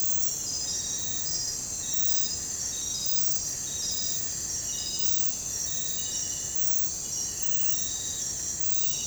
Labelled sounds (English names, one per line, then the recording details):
none
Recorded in pastures near Puerto Asís, Putumayo, Colombia, on 22 December 2024 at 02:30
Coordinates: 0.466, -76.322
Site G040